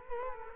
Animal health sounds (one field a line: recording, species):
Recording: mosquito wingbeat signal from an infrared sensor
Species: Culex quinquefasciatus